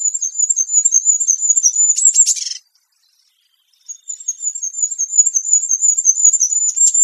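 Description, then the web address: Bird singing a very high, rapid twittering stream of chirps, broken by a pause of about a second before the twitter resumes. "cianscape. Deverinetal 2025. Bird Only"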